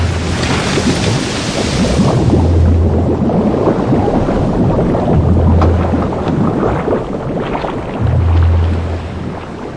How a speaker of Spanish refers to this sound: ¡Miren! ¡Miren! El hundimiento de las otras naves. El ataque de la ballena a nuestra nave. El hundimiento del Pequod, casi devorado por el monstruo.